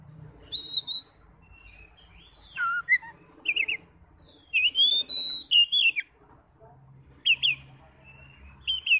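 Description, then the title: Oriental magpie-robin song of rich whistled phrases and falling slurs in separate bursts, with a soft low hum underneath. "Kacer"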